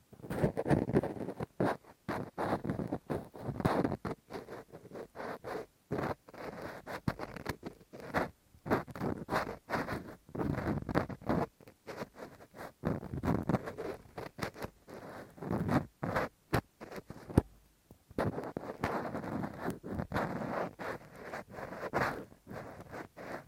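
Rough ear cleaning with a Q-tip and ear pick: dense, rapid scratching and scraping bursts that keep going throughout, low and crackly, with brief pauses.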